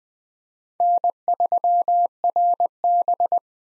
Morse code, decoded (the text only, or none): N3RB